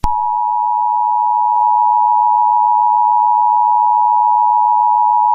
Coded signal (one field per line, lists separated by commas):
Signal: Emergency Alert System (SAME) tones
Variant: 853 and 960 Hz attention tone